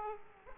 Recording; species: mosquito wingbeat signal from an infrared sensor; Aedes aegypti